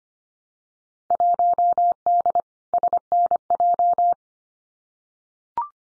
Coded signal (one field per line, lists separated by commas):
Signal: Morse code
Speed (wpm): 25 wpm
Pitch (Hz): 700 Hz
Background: none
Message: 1D SNJ